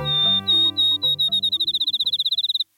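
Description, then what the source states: Field Sparrow song: high clear whistled notes that speed up into a rapid melodious trill, with low sustained musical tones underneath for most of the song. Song described as sweetly whistled, speeding toward a melodious trill.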